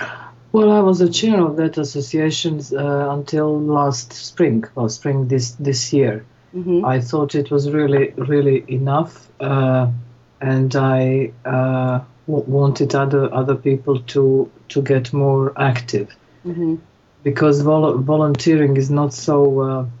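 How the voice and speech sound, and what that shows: Mostly fluent conversational speech from an adult woman who stutters, with word and part-word repetitions and a long prolonged sound, consistent with mild stuttering.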